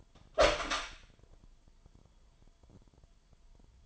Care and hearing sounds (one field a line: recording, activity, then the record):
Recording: daily activity, microphone in the room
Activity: open door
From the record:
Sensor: 5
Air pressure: 998.5 hPa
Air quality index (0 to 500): 81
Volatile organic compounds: 1 ppm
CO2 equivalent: 919 ppm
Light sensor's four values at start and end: 32/78/32/36 and 32/79/32/36